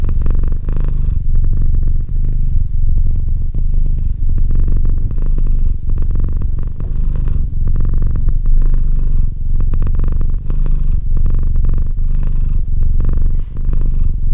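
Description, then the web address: Domestic cat giving a long, even purr, a throaty low buzz rising and falling with each breath. "Cat Purr 201308 Cat purr"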